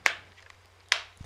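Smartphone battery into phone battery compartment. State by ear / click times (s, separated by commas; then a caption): seated / 0.1 s, 0.9 s. A removable battery is pressed into the battery compartment of an LG Optimus G Pro smartphone after its plastic back cover has been removed. Two sharp, bright clicks ring out at 0.1 s and 0.9 s, followed by a faint low thump near 1.2 s. The battery clicks and seats in place.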